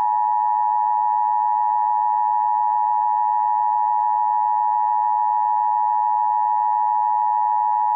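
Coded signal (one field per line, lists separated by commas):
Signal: Emergency Alert System (SAME) tones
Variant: 853 and 960 Hz attention tone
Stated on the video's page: Required Monthly Test from Spokane County Dispatch on weather radio station for the Inland Northwest.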